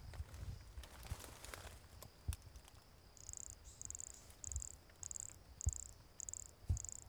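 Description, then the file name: Pumpkin toadlet giving a series of brief, thin high notes, regularly repeated, with scattered low thumps and soft background rumble. Recorded near Jurupara dam on 29 September 2016; the recorded individual was kept as a voucher specimen. "MHNCI Brachycephalus sulfuratus near Jurupara dam 29 set 2016 MRBornschein"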